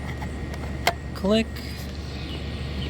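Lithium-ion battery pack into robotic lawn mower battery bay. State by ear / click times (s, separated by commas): seated / 0.9 s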